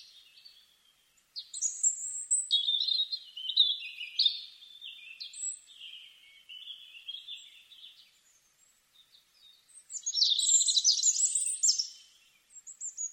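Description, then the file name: European robin song, a thin, wavering warble descending through twittery notes, a pause, then a loud burst of dense, high, rattling trills. "Erithacus rubecula"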